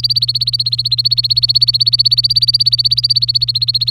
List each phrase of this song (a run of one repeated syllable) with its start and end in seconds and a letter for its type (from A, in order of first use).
0.00-3.90 A